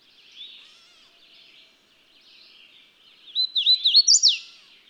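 Bird song: faint soft warbles at first, then near the end a loud burst of looped whistled notes climbing to a high note and dropping abruptly.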